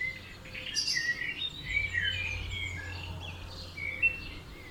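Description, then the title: Birds in a dawn chorus, several overlapping high whistles and chirps from different singers, with a low steady hum beneath. Dawn chorus at 4am in Oberhofen, Inntal valley, Austria; binaural recording. "Birds Oberhofen Inntal Austria - 4am - binaural version"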